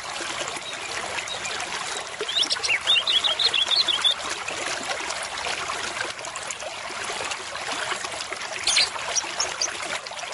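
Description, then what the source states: White-rumped shama song: a quick run of varied high warbled whistles, then a few sharp notes near the end, all over a steady hiss like rushing water. Murai batu used as a lure (pikat) call, described as an effective lure with a strong voice.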